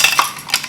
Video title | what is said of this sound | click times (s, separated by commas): HUGE AFFORDABLE SUMMER FRAGRANCE HAUL: Argos - Montale - Al Haramain - ALT Fragrances - MAC | little cage there you go you have to hear the little clip | 0.2 s